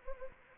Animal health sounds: mosquito wingbeat signal from an infrared sensor; Anopheles arabiensis

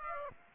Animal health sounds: mosquito wingbeat signal from an infrared sensor; Aedes aegypti

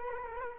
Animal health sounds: mosquito wingbeat signal from an infrared sensor; Culex quinquefasciatus

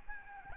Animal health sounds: mosquito wingbeat signal from an infrared sensor; Aedes albopictus

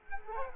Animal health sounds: mosquito wingbeat signal from an infrared sensor; Culex quinquefasciatus

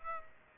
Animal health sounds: mosquito wingbeat signal from an infrared sensor; Aedes aegypti

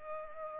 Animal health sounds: mosquito wingbeat signal from an infrared sensor; Culex pipiens

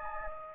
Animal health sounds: mosquito wingbeat signal from an infrared sensor; Anopheles gambiae

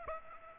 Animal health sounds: mosquito wingbeat signal from an infrared sensor; Aedes aegypti

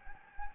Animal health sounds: mosquito wingbeat signal from an infrared sensor; Anopheles gambiae

